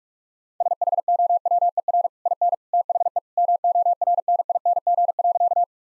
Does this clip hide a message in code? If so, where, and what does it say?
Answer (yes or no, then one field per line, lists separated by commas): yes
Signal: Morse code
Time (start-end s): 0.6-5.6 s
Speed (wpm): 46 wpm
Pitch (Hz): 700 Hz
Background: none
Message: SHOWER IN THE MORNING.